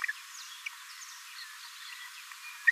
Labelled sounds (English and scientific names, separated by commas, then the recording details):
Green-rumped Parrotlet (Forpus passerinus) babbling
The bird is a male
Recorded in a nest box in Venezuela
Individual 17B42A3